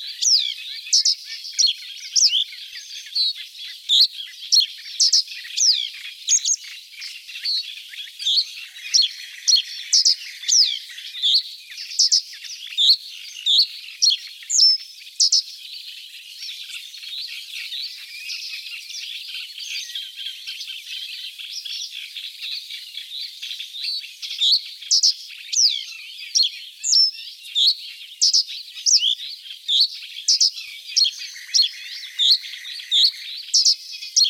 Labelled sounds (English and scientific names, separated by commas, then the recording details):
Reed Bunting (Emberiza schoeniclus) song
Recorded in the wild
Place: Flögelner See, Schleswig-Holstein, DE
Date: 1981-06-08
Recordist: Schwarz, Dieter
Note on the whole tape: Song